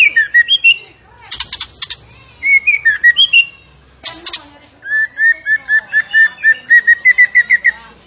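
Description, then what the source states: Songbird (tembakan): songbird song of chips and whistled phrases, ending in a long, steady series of rapidly repeated notes. Tembakan songbird described as gacor, actively and energetically singing; used as masteran for training.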